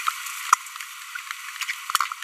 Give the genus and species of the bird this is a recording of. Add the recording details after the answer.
Forpus passerinus. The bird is a female. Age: 25 days. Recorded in a nest box in Venezuela. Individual 17B42B1